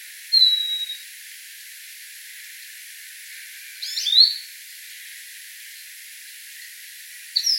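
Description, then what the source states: Lesser goldfinch flight call: thin high 'seeer' notes, one long and level, another slurred downward, with a third cut off at the end, over hiss. Nocturnal flight call of the 'seeer' note type.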